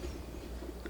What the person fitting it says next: I heard it pop